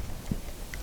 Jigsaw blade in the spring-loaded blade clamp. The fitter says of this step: open it up, the blade pops out.